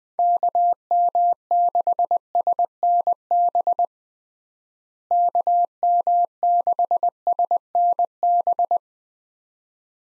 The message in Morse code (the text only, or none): KM6SNB KM6SNB